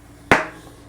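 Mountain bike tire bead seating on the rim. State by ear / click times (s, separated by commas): seated / 0.3 s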